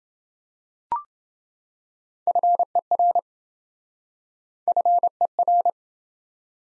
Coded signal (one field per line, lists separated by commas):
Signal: Morse code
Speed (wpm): 27 wpm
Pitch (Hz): 700 Hz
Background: none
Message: FER FER